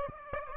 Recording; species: mosquito wingbeat signal from an infrared sensor; Aedes aegypti